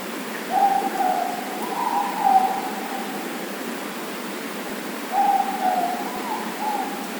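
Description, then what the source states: Morepork calls, drawn-out two-part hoots given twice with a pause between, over a steady background hiss. Four moreporks calling.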